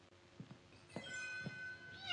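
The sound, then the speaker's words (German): A very young kitten at a door, wanting to come inside, mews in thin, high-pitched cries, a few short plaintive calls followed by a longer rising one at the end, with no voices. “Ja, ein ganz junges Kätzerl.”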